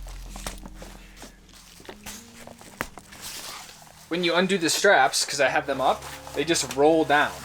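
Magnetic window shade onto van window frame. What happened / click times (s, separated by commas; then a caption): Handled, not yet home: the shade has not clicked into place / none. A fabric magnetic window shade is handled at a van's metal window frame, with straps undone so it rolls down. Faint rustling and light taps come first, with a sharp tap near 2.8 s, and then someone talks from about 4.1 s. Nothing has clicked into place yet; the shade's magnets have not snapped onto the frame.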